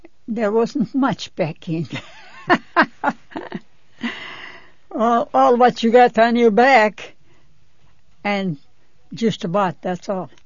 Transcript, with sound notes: There wasn't much packing. ( she laughs ) Oh, what you got on your back, and just about, that's all.